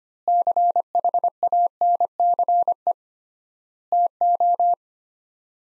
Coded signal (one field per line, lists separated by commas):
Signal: Morse code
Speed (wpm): 25 wpm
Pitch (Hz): 700 Hz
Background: none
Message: CHANCE TO